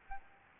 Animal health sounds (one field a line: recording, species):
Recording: mosquito wingbeat signal from an infrared sensor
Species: Aedes albopictus